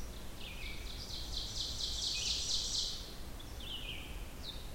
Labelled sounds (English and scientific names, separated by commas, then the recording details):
Ovenbird (Seiurus aurocapilla) song
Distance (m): 30 m
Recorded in boreal forest in Alberta, Canada, on 16 June 2016 at 05:03
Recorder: SongMeter 3, array SBT-3-32
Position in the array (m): 104 m, 5 m
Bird 36